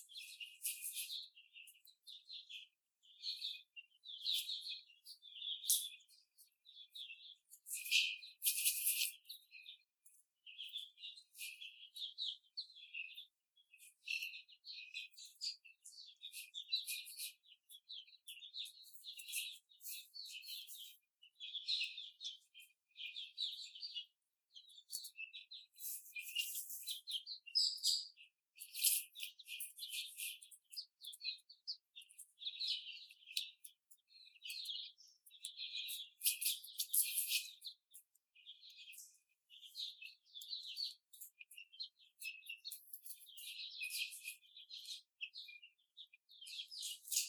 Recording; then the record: young laying hens in a cage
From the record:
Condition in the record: before the stressor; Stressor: simulated dog barking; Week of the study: 4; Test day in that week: 2